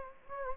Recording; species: mosquito wingbeat signal from an infrared sensor; Anopheles gambiae